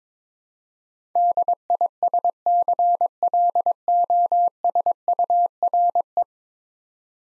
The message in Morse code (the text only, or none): DISCLOSURE